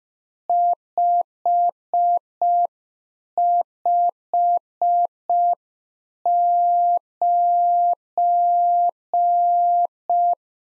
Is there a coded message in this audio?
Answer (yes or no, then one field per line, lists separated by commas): yes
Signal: Morse code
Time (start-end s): 0.5-10.3 s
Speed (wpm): 5 wpm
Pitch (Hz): 700 Hz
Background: none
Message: 559